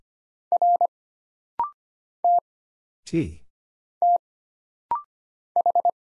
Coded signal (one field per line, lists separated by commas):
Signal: Morse code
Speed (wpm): 25 wpm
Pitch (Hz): 700 Hz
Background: none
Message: R T T H